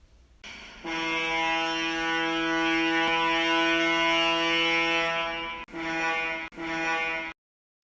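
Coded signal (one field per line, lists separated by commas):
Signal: ship horn signal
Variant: COLREGS Rule 35 fog signal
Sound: a deep ship horn sounds one long blast, then two short blasts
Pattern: 1 long, 2 short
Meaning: Restricted-visibility signal for a vessel with limited manoeuvrability, such as one fishing or restricted in ability to manoeuvre, including when working at anchor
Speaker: shall instead of the signals prescribed in paragraph G of this rule sound the signal prescribed in paragraph C of this rule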